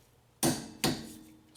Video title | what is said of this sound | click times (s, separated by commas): Honda CRV: Rear Wheel Bearing Replacement | right there i hope you heard the torque wrench click | 0.4 s, 0.8 s